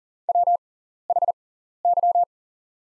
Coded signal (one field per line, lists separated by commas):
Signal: Morse code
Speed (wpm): 40 wpm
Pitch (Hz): 700 Hz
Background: none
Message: WHY